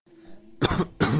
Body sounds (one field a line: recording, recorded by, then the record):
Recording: voluntary cough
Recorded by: messaging app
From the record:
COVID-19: negative